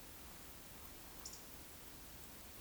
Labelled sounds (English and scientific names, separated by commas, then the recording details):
Eurasian Woodcock (Scolopax rusticola) whistle
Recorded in Baden-Württemberg, Germany, on 9 May 2021 at 19:27 UTC
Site 23718, 552 m above sea level